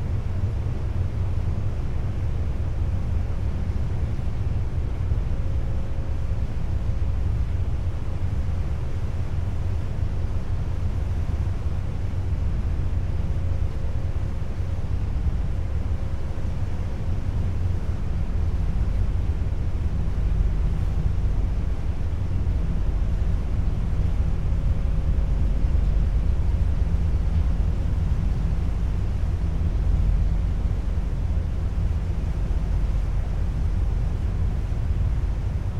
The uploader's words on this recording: Seattle Inbound Rear Passenger Deck Board And Launch Stereo. Round-trips on the Seattle-Bainbridge Island Ferry.